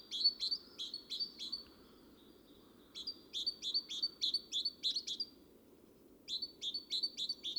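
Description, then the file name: Great tit giving bursts of sharp high chipping calls, each burst of several rapid notes, separated by short pauses; faint low hum beneath. "Parus major"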